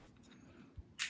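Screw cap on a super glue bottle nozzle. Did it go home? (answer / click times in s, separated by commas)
no / none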